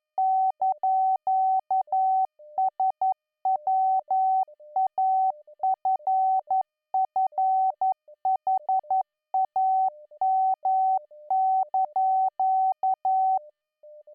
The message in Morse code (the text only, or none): )SWAFFHAM)